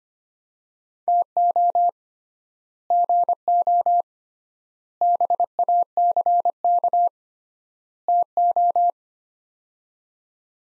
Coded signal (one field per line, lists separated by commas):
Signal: Morse code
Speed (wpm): 25 wpm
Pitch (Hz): 700 Hz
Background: none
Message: TO GO BACK TO